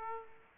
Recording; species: mosquito wingbeat signal from an infrared sensor; Aedes aegypti